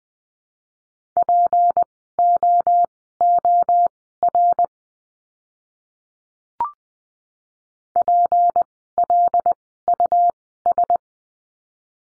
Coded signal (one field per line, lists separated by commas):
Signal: Morse code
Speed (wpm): 20 wpm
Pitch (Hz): 700 Hz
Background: none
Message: POOR PLUS